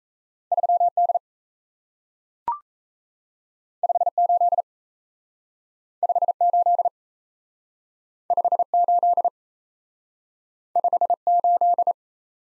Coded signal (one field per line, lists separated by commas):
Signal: Morse code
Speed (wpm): 38 wpm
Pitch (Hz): 700 Hz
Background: none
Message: 3D 58 58 58 58